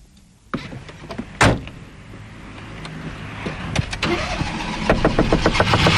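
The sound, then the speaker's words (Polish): A car engine turns over and catches, settling into a rough, steadily building rumble with rattling ticks, after one sharp thump near the start. No one speaks. “Jakby mógł pan silniczek? Pan jest właścicielem tego samochodu?”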